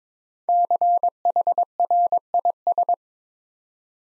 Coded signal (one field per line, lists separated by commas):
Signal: Morse code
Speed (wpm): 21 wpm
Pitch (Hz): 700 Hz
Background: none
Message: CHRIS